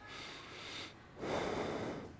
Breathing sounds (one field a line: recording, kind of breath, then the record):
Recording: one breath in and out by a microphone near the nose and mouth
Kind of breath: normal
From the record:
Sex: male